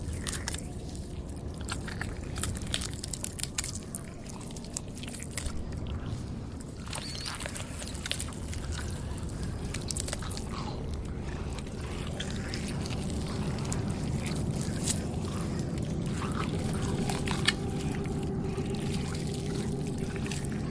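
A zombie chews and bites, with wet crunching and clicking bursts scattered densely across the whole clip over a thick, steady low grumble. From about halfway on, a drawn-out groaning moan rises and holds, while a sharp snap lands near the seventeen-second mark.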